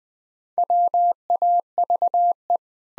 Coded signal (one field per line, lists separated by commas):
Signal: Morse code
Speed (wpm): 21 wpm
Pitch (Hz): 700 Hz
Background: none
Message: WAVE